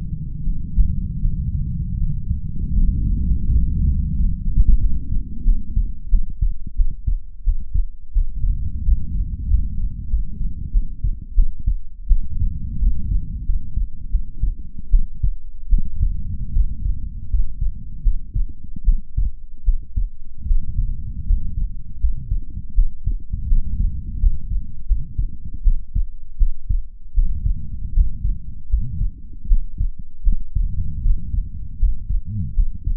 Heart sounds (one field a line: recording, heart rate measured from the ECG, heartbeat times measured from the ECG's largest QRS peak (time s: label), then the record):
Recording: heart sounds by stethoscope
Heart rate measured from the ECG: 82 bpm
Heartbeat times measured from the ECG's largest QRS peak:
0.42 s: heartbeat
1.19 s: heartbeat
1.96 s: heartbeat
2.73 s: heartbeat
3.46 s: heartbeat
4.12 s: heartbeat
4.77 s: heartbeat
5.42 s: heartbeat
6.08 s: heartbeat
6.74 s: heartbeat
7.43 s: heartbeat
8.11 s: heartbeat
8.82 s: heartbeat
9.45 s: heartbeat
10.08 s: heartbeat
10.70 s: heartbeat
11.33 s: heartbeat
12.06 s: heartbeat
12.77 s: heartbeat
13.43 s: heartbeat
14.09 s: heartbeat
14.89 s: heartbeat
15.68 s: heartbeat
16.51 s: heartbeat
17.28 s: heartbeat
18.01 s: heartbeat
18.83 s: heartbeat
19.63 s: heartbeat
20.45 s: heartbeat
21.24 s: heartbeat
21.98 s: heartbeat
22.73 s: heartbeat
23.46 s: heartbeat
24.18 s: heartbeat
24.85 s: heartbeat
25.61 s: heartbeat
26.36 s: heartbeat
27.13 s: heartbeat
27.92 s: heartbeat
28.68 s: heartbeat
29.46 s: heartbeat
30.22 s: heartbeat
31.00 s: heartbeat
31.77 s: heartbeat
32.53 s: heartbeat
From the record:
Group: healthy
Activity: rest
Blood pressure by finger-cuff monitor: 101/61 mmHg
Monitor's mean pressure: 76 mmHg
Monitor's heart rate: 79 bpm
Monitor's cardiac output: 6.9 L/min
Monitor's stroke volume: 85 mL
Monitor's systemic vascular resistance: 780 dyn s/cm5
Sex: female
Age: 26 years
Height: 165 cm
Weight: 55 kg